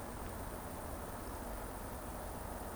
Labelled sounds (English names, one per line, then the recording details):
Eurasian Woodcock whistle
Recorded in Baden-Württemberg, Germany, on 25 June 2020 at 20:24 UTC
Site 14569, 102 m above sea level